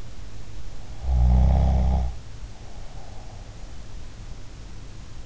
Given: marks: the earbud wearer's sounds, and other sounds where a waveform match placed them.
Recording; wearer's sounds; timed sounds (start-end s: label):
sounds in sleep by an in-ear microphone; snoring breath
1.03-3.46 s: snoring breath